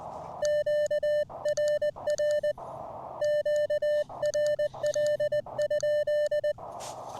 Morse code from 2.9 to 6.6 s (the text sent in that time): QRL?